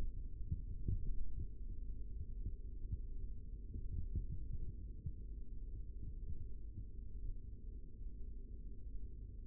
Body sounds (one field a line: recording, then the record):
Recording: forearm muscle sounds (acoustic myography)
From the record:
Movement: rest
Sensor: system 3, bracelet of six PUI Audio POM-2738L microphones around the upper forearm, with dedicated amplification and filtering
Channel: 4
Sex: male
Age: 25 years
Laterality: right